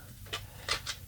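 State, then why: Released. A plastic accessory piece is grabbed and pulled out of its socket on a toy Sky Sled vehicle from the Masters of the Universe Origins line. It pops right out with one sharp plastic click at 0.3 seconds, and two fainter clicks follow near 0.7 and 0.9 seconds as the piece comes free. The accessory is released from the vehicle.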